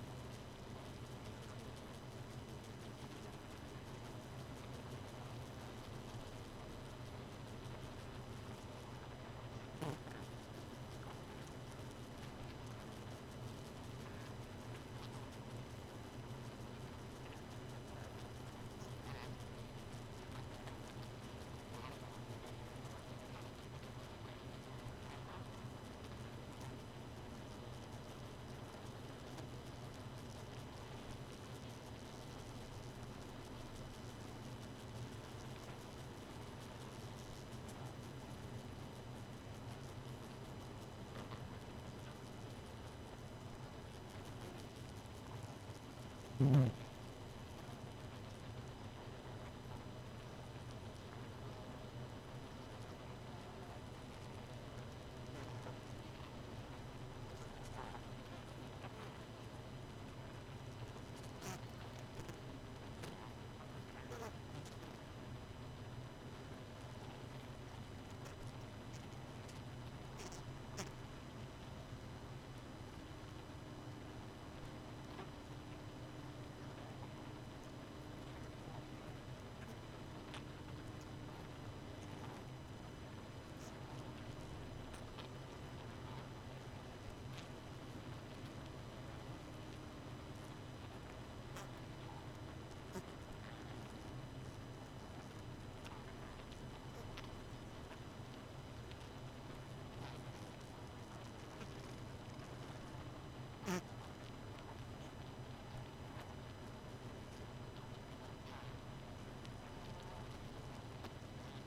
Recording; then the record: honeybee colony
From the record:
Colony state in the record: missing queen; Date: 31 May 2018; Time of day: 2:12